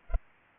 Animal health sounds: mosquito wingbeat signal from an infrared sensor; Culex pipiens

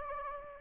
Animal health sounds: mosquito wingbeat signal from an infrared sensor; Anopheles gambiae

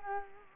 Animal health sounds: mosquito wingbeat signal from an infrared sensor; Culex quinquefasciatus

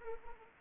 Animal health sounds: mosquito wingbeat signal from an infrared sensor; Anopheles arabiensis

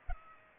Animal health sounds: mosquito wingbeat signal from an infrared sensor; Culex pipiens

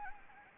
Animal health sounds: mosquito wingbeat signal from an infrared sensor; Anopheles gambiae

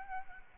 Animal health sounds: mosquito wingbeat signal from an infrared sensor; Aedes albopictus

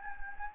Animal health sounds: mosquito wingbeat signal from an infrared sensor; Anopheles gambiae

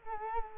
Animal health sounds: mosquito wingbeat signal from an infrared sensor; Culex quinquefasciatus

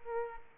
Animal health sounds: mosquito wingbeat signal from an infrared sensor; Aedes aegypti

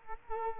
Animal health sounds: mosquito wingbeat signal from an infrared sensor; Culex quinquefasciatus

